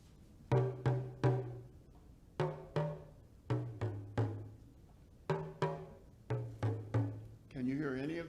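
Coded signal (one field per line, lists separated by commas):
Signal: talking drum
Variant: West African talking drum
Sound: about fourteen low drum strokes in short groups, pitch subtly rising and falling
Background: brief voice-like sound at end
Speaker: can you hear the change in tune [Music] can you hear any of that change it's very subtle but it's there this is called a talking drum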